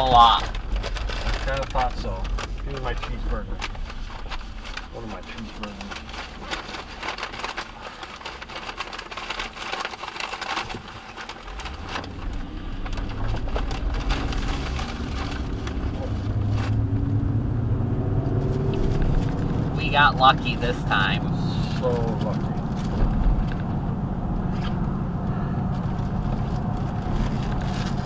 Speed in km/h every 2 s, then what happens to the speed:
16, 10, 0, 0, 0, 0, 19, 32, 44, 55, 63, 63, 63, 63.
0-4 brakes to 0. 4-11 standing. 11-28 pulls away to 63.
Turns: 10-13.